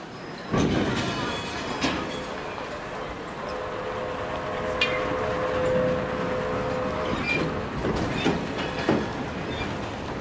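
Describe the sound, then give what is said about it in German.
Railway station ambience: a train rumbles steadily with scattered metallic clanks and thumps, a sustained whistle-like tone in the middle, and faint crowd murmur in the background. “Sie kommt mit dem nächsten Zug aus Petersburg. Graf Wronski hatte sich um 11 Uhr zum Bahnhof begeben.”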